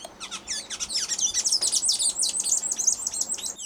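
Blue-gray Tanager chirping calls, a dense run of thin, squeaky, high twittering notes tumbling rapidly one after another for nearly four seconds.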